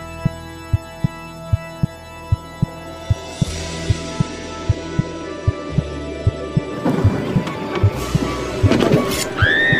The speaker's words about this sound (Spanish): Los latidos del corazón de Ana se aceleran.